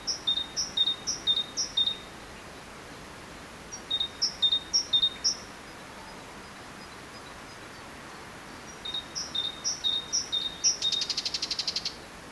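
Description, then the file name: Great tit song in three runs of high-low two-note motifs with pauses; a short harsh buzzing rattle sounds at the close. "Parus major"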